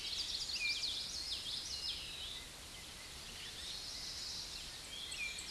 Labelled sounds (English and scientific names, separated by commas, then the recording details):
Common Yellowthroat (Geothlypis trichas) song
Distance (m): 35 m
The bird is about level with the microphone
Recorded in a Pennsylvania forest on 16 May 2024 at 07:18
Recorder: AudioMoth, point MSD-1418
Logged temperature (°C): 16.4 °C
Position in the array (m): 240 m, 170 m